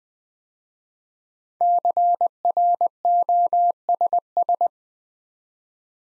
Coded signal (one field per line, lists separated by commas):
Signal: Morse code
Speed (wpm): 21 wpm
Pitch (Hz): 700 Hz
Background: none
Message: CROSS